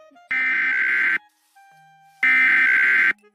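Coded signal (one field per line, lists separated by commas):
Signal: Emergency Alert System (SAME) tones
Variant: header bursts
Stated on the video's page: Simulated EAS alarm inserted into a fictional Dandy's World VHS tape.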